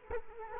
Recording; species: mosquito wingbeat signal from an infrared sensor; Culex quinquefasciatus